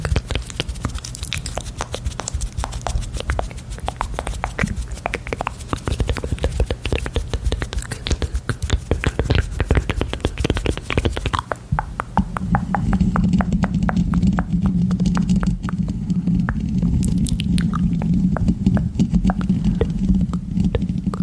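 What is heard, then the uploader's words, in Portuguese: Mouth sounds: rapid wet clicks and smacks for twelve seconds, then a steady low hum joins under continued quieter clicking. Um ASMR focando em sons de boca com a sensibilidade do microfone no máximo para promover relaxamento intenso e arrepios.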